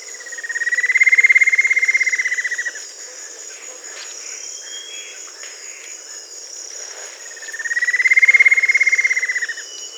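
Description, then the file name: Bird giving two drawn-out rattling trills that rise in volume and taper off, separated by several seconds, against a continuous shrill drone. "SABIOD 50 bird 2015"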